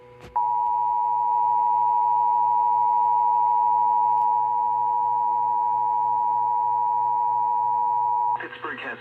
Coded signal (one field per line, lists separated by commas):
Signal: Emergency Alert System (SAME) tones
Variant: 853 and 960 Hz attention tone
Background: speech